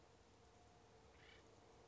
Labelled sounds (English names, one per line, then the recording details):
Acorn Woodpecker
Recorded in Sonoma County, California